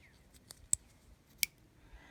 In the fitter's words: you'll hear a small click the red wires in place